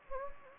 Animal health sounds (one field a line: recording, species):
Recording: mosquito wingbeat signal from an infrared sensor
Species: Anopheles gambiae